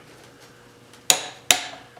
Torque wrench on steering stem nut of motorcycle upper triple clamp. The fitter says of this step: basically fight that and to work till it clicks